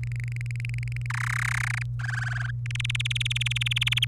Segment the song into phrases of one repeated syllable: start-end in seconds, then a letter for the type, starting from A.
0.04-1.07 A, 1.10-1.82 B, 1.99-2.51 C, 2.66-4.05 D